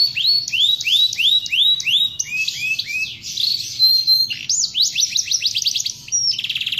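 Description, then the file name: Canary singing continuously, repeated arched whistles followed by rapid clicking trills and a fast buzzy roll at the end, all high-pitched and loud. "kenari"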